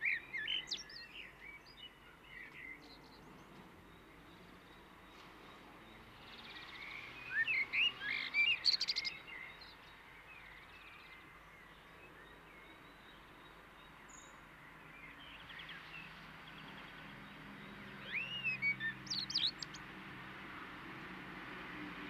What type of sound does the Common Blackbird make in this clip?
song